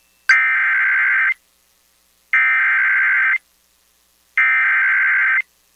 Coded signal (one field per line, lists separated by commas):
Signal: Emergency Alert System (SAME) tones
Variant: header bursts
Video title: THE BIG EASY AIN'T SO EASY HERE... | EAS Alerts from 12/14/2022 (EAS #1580-1623)